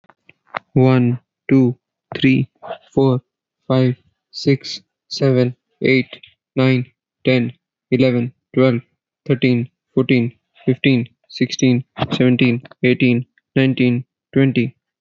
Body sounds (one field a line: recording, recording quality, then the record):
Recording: counting at a normal pace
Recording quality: excellent, no background noise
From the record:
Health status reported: exposed to COVID-19, no respiratory illness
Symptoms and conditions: none ticked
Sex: male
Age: 30 years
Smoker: not ticked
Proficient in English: yes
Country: United States